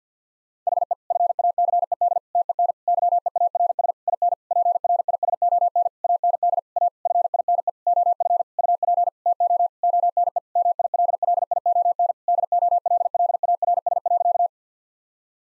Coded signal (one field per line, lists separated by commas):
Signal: Morse code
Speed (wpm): 50 wpm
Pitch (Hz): 700 Hz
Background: none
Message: HE FACED TEN YEARS IN PRISON AND A FINE OF UP TO ONE MILLION DOLLARS.